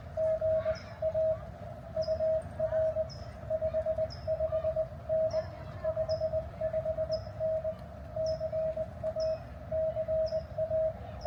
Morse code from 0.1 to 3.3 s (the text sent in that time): GA UR